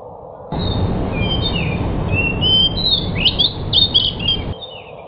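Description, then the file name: Pied bush chat singing rapid scratchy chirps and brief whistles, growing louder toward the end, over low background noise. Described in Indonesian as 'sudah jadi', meaning a finished, fully trained songbird. "suara burung decu sudah jadi. omkicau"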